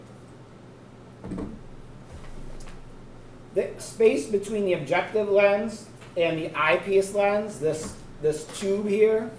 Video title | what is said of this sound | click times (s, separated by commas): SCI7/8 - Microscopes | you know you have to be clipped into place in order for this to work properly | 1.2 s